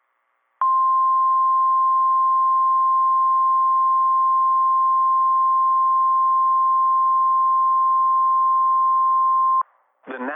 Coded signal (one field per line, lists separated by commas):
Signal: Emergency Alert System (SAME) tones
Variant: 1050 Hz attention tone